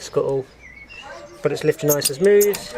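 A classic Mini bonnet on newly fitted Minivation V2.5 aftermarket hinges is lifted by hand while someone talks, with a quieter stretch between about 0.5 and 1.4 s. The hinge has not yet reached its second stage, and nothing has locked or clicked by the end of the clip.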